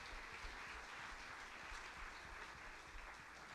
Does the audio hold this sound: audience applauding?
yes